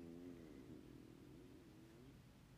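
A quiet, low, drawn-out gurgling rumble with a wavering, sliding pitch lasts about two seconds before fading into faint background hiss. This is stomach growling (borborygmi) from a sick adult's stomach, the sound of gas and fluid moving through the gut.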